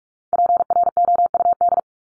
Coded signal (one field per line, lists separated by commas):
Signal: Morse code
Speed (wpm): 44 wpm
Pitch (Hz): 700 Hz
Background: none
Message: PROUD